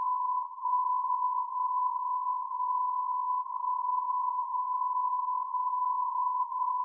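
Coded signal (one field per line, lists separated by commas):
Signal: radio time signal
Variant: DCF77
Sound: continuous 1 kHz beat tone with brief slight drops in level about each second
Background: radio static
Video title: DCF77 77.5kHz from D, 10 Jan 2022 04:39-04:45utc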